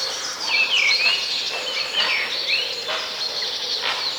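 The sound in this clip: Bird singing, with clear whistled notes that slide down and up, mixed with quick chirps and twittering over a constant hiss.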